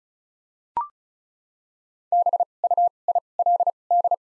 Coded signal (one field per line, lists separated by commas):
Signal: Morse code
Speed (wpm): 34 wpm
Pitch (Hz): 700 Hz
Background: none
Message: B U I L D